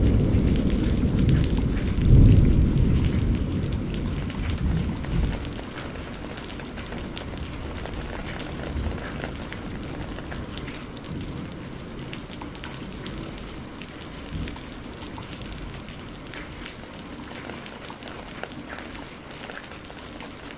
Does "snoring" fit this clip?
no